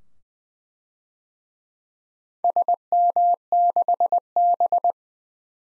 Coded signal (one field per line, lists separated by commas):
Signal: Morse code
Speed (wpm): 20 wpm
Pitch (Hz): 700 Hz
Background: none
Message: SM6B